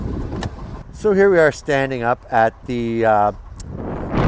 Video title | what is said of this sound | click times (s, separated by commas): CarReviews Podcast CollectorCarCanada.CA-Ep17-'79 Porsche 911SC Coupe 5sp,'02 Porsche 911 Targa 6-Sp | which is a Target only item certainly on these 996s and then the rear one you'll hear click | 0.4 s